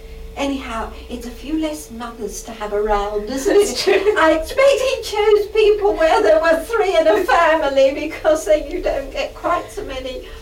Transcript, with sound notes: Anyhow, it's a few less mothers to have around, isn't it?
That's true. [laughs]
I expect he chose people where there were three of a family because then you don't get quite so many,